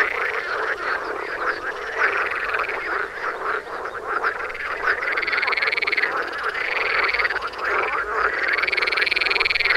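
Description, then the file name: Frog chorus with rhythmic arching trills repeating about every two seconds over a bed of steady croaking. "toms frogs for wilson"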